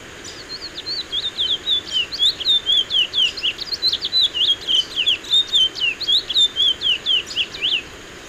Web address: Natures Songs S America Eastern Lowlands. Oryzoborus angolensis, song